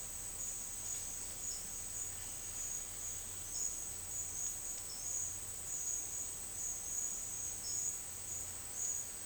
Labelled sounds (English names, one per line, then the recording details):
none
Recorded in dense forest near Puerto Asís, Putumayo, Colombia, on 9 March 2025 at 10:00
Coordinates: 0.481, -76.323
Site G088